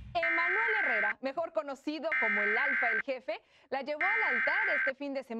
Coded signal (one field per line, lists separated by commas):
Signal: Emergency Alert System (SAME) tones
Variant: header bursts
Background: speech